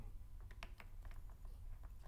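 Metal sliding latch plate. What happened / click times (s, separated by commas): The quick-release plate unlatched and slid free of its clamp / 0.5 s, 0.6 s, 0.8 s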